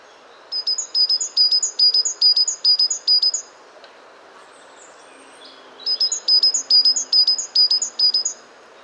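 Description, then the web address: Great tit, sharp two-syllable notes repeated several times in a steady run, a short gap, then a second strophe of the same ringing phrase. "pub SETE data Parus major"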